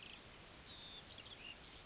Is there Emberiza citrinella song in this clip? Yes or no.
no